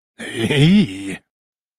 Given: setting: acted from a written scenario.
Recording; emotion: vocal sound without words; desire